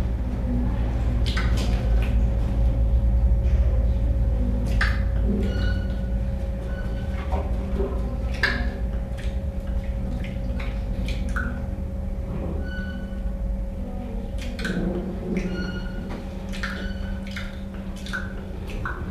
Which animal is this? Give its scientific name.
Colobus polykomos